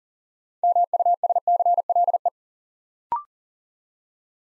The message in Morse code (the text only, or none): MUSCLE